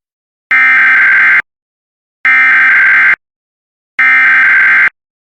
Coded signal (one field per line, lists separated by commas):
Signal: Emergency Alert System (SAME) tones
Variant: header bursts